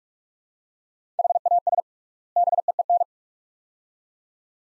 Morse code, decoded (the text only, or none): HAS BEEN